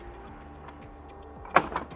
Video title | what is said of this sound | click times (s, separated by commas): JDE - NECTA KREA TOUCH CLEANING GUIDE | and the brew unit should just click out. | 1.6 s